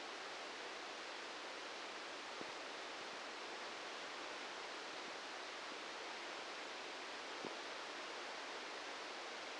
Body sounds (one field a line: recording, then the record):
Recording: brain microelectrode recording played as sound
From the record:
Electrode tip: outside the subthalamic nucleus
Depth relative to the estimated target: -3 mm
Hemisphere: left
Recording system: NeuroSet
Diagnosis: Parkinson's disease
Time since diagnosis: 15 years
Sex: male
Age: 65 years